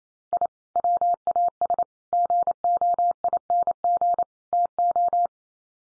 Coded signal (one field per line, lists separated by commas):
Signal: Morse code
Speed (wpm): 28 wpm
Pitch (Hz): 700 Hz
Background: none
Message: I WAS GOING TO